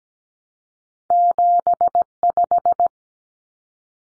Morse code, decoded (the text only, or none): 75